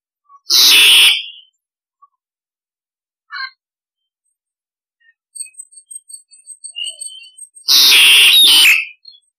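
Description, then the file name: Starling harsh rasping calls, two loud grating bursts several seconds apart, with faint high chips and soft ticking notes in between. Starling flock-calling sound, used to lure starlings. "Tieng sao da goi bay"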